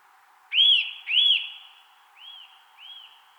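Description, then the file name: Eurasian nuthatch giving two loud, ringing whistled notes followed by two softer, fading repeats. "Sitta europaea"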